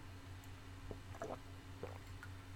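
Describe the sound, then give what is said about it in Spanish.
A person sips water, with a few soft, brief gulps and swallows spaced over a couple of seconds against a steady low hum. No one speaks. “Y ahora me vais a permitir que haga un cambio de tema mientras bebo agua.”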